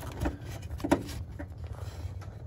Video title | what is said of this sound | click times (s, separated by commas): 7th and 8th Gen Civic Brake Feel Fix | it's clicked it's clicked in place okay | 0.9 s